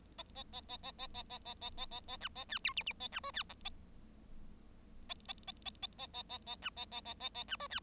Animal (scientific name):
Lonchura striata domestica